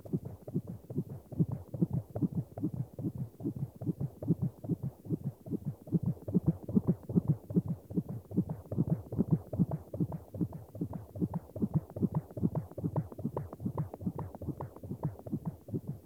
Fetal heartbeat.